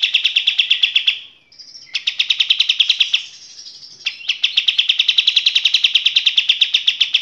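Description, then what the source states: Kapas tembak song of fast, sharp repeated notes broken by short thin whistles and brief gaps, then a steady rapid chattering run. Training song for teaching cage birds to sing; described as a fine quality song.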